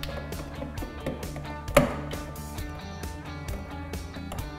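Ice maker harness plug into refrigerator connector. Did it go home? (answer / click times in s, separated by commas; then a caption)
yes / 1.8 s. With music playing underneath, the wiring harness plug of a Samsung ice maker (part DA97-15217D), its harness routed through a slot, is pushed into the refrigerator's connector socket. A sharp click at 1.8 s marks the plastic locking tab latching. The plug is seated and locked in place.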